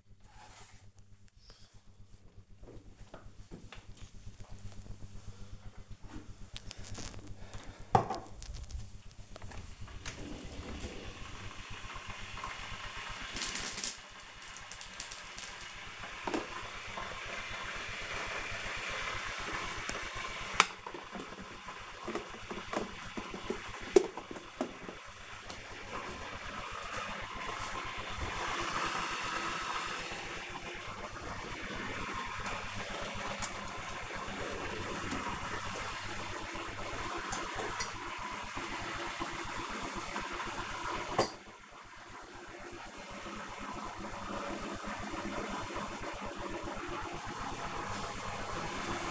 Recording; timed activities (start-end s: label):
household activities, microphone on the right wrist
0.00-49.11 s: making tea